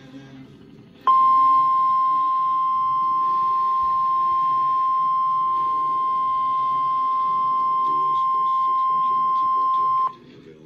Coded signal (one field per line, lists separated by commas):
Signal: Emergency Alert System (SAME) tones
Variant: 1050 Hz attention tone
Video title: EAS #891 (RWT) Wisconsin Tornado Drill in Green Bay